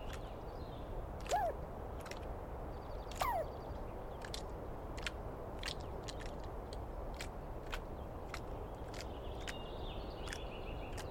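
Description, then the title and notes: Douglas squirrel making two brief descending calls about two seconds apart, followed by scattered clicks and a faint high bird twitter over steady hiss. Douglas pine squirrel heard at dawn, morning of 21 April 2017, in the East Cascades; screaming and calling persistently; identified by its sound, not clearly seen. "On the morning of 21 April, 2017, I set up my microphones and recorder for a nice dawn recording in the East Cascades. I was started awake by a screaming Douglas Pine Squirrel"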